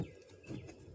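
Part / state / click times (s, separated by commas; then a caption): plastic door trim panel bottom clips into truck door / not seated / none. A plastic door trim panel is handled against the door of a 2013 Silverado Z71 truck during a tow mirror install, ready for its bottom edge to be snapped into its clips. Low, muffled handling noise comes through, with a soft rise around 0.4–0.6 s. Nothing has seated or clicked yet.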